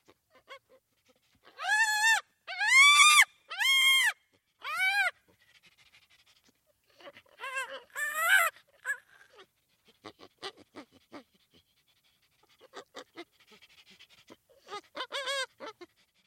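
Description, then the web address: Chimpanzee calls, a burst of loud arched harmonic cries in quick succession, then pauses, softer scattered sounds and two more short clusters of cries. Chimpanzee communication call. "le cri de communication des chimpanzes"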